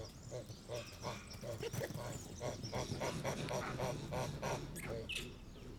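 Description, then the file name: Monkey calls: short harmonic hoots repeated about three times a second, uneven in rhythm, over a low rumbling background. "singes"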